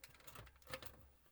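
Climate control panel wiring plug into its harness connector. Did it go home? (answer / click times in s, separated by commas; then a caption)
no / none. The single wiring plug of a 4th Gen Toyota 4Runner climate control panel is handled toward its harness connector before the panel is reinstalled after its bulbs were replaced. A series of sharp plastic-like ticks is heard at about 0.0, 0.3, 0.7 and 0.8 s, the loudest near 0.7 s. The plug has not seated or clicked in yet.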